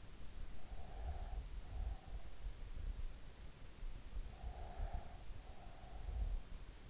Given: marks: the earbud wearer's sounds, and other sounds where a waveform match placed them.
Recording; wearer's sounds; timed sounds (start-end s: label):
sounds in sleep by an in-ear microphone; breath
0.79-2.92 s: breath
4.30-6.83 s: breath